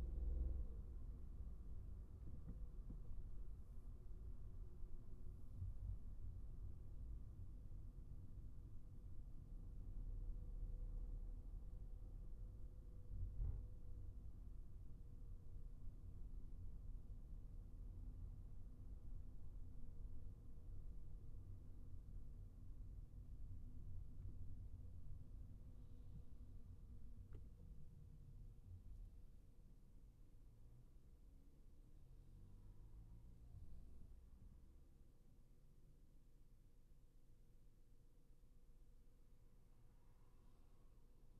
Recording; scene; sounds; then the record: everyday scene through a hearing-aid microphone; in a vehicle; engine, highway traffic jam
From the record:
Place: Skoda Fabia, gasoline engine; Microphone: behind the ear, right, rear